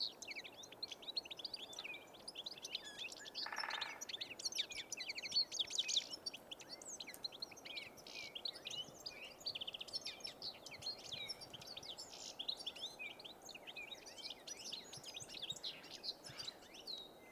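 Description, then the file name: European goldfinch calls, dense continuous high twittering of many short chirps and trills, with one brief buzzy burst near the start. "Carduelis carduelis"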